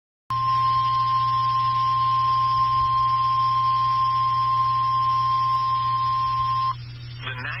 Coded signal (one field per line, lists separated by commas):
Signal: Emergency Alert System (SAME) tones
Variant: 1050 Hz attention tone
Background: speech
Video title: Eas svr Eas#555